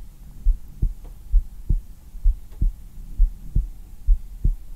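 Soft, deep paired thumps repeat steadily at about 67 beats a minute, with a faint low hum underneath. It is a calming heartbeat heard on bare skin through a black 3Dio binaural microphone, an ASMR heartbeat for deep sleep.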